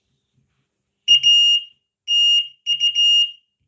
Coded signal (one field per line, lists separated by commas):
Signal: Morse code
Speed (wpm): 16 wpm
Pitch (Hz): 2850 Hz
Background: none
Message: A TU